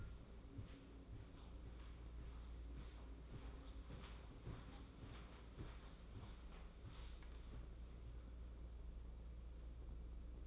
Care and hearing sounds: daily activity, microphone in the room; walk to room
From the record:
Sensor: 1

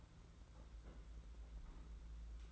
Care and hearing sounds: daily activity, microphone in the room; place on stove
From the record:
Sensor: 3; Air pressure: 991.9 hPa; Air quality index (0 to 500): 227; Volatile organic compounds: 1000 ppm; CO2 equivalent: 7793 ppm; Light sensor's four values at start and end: 26/78/32/27 and 26/78/32/27

